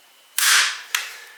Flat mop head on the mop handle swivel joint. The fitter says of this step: open and it snaps into place there's a ball bearing